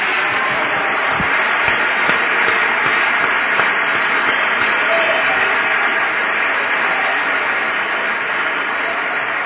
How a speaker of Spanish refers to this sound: Un aplauso fuerte si está entendiendo esto.